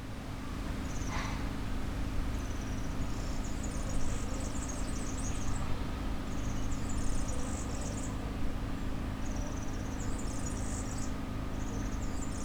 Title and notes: Allée Marcel Mailly, 73100 Aix-les-Bains, France - Serin cini. Au bord de la piste cyclable près du Sierroz un serin cini solitaire